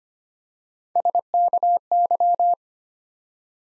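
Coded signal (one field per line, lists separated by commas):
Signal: Morse code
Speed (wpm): 25 wpm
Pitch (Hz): 700 Hz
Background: none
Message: SKY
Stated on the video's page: Morse practice building 3-letter words one letter at a time at 25 wpm, for beginners working on instant character recognition.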